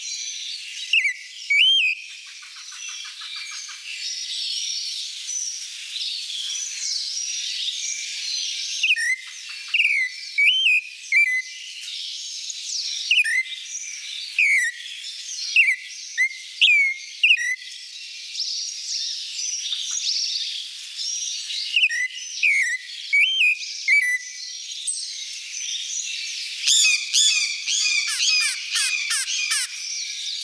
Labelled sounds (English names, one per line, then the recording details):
Clay-colored Thrush song
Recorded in the wild
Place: La Pacifica, San José, Umgebung Hotel, CR
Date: 1992-04-13
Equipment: Dat-Recorder Casio DA 7, Telinga DAT, Telinga-Parabolspiegel
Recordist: Schwarz, Dieter